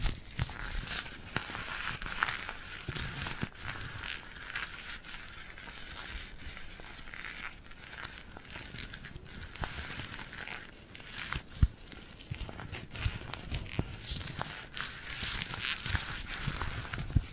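Sticky hand sounds crackle and peel in dense, irregular bursts throughout, with sharper snaps near eleven and seventeen seconds over soft rustling.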